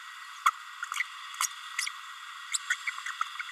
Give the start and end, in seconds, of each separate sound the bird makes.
0.45-0.51, 1.40-1.48, 1.78-1.86, 2.52-2.58, 2.70-2.75, 2.87-2.90